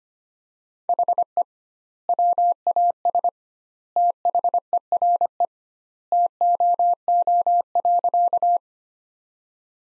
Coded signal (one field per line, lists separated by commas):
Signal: Morse code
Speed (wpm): 25 wpm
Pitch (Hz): 700 Hz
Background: none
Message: HE WAS THERE TOO.